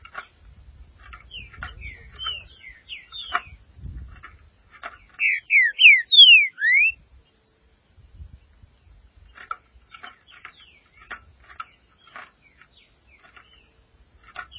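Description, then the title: Green-winged saltator singing: a long stretch of quiet clicks and brief slurred notes, broken by a bold phrase of four loud sliding whistles midway, with low rumbling in the background. "Trinca Ferro"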